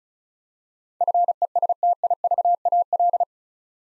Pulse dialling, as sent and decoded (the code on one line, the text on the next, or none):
none